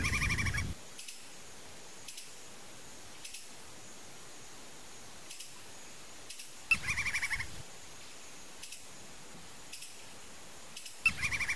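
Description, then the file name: Woodpecker calling in three quick bursts of harsh repeated notes, each lasting under a second, between scattered sharp clicks and brief low rumbles. "Canto do pica pau de penacho vermelho"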